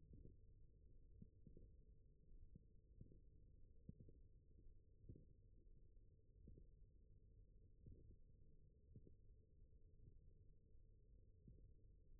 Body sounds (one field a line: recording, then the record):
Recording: forearm muscle sounds (acoustic myography)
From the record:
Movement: wrist extension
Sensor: system 1, eight BSWA MPA416 microphones around the upper forearm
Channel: 7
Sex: male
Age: 21 years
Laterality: right